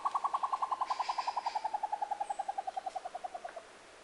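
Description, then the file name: Short-tailed Antthrush song: a long, steady run of hollow, hooting notes, evenly spaced and quick, sliding slightly lower in pitch and fading away over about three and a half seconds. "canto do tovaca campainha"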